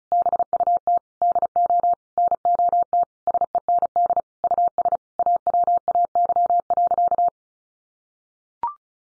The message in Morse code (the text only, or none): BUT DO NOT SEND US AWAY.